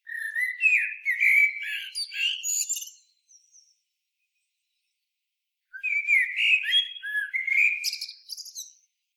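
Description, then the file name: Common blackbird song, two fluty warbled phrases with scratchy high twittering, separated by a pause of nearly three seconds. "Turdus merula"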